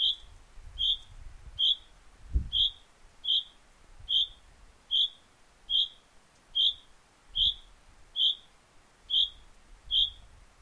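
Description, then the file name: Common chaffinch giving short, high call notes repeated about every 0.8 seconds in a steady series, with low rumbling and a thump in the background. "Fringilla coelebs"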